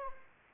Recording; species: mosquito wingbeat signal from an infrared sensor; Anopheles arabiensis